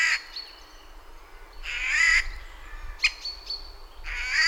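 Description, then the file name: Eurasian jay uttering loud harsh rasps at the start, middle and end, with thin high whistled notes between them. "Garrulus glandarius"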